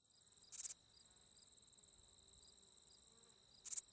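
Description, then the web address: Texas bush katydid song: two short, harsh buzzy bursts of a few pulses each, about three seconds apart, over a steady faint high-pitched insect hum. "The Songs of Insects. Texas Bush Katydid"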